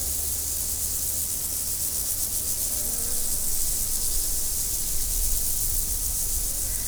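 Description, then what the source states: Insect chorus, a steady high buzzing trill with fine rapid pulses running throughout, over a low rumbling background. Insects recorded in nature in 2014, after leaving Várbóc.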